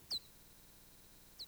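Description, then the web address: Nathusius' pipistrelle echolocation calls: two brief sweeps plunging steeply then flattening into a short level tail, about 1.3 seconds apart, over a quiet background. "batlab echolocation pipinath"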